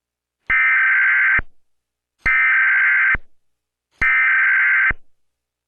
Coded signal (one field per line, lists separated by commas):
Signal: Emergency Alert System (SAME) tones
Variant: header bursts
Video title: NovaCom™ 2011 National EAS Test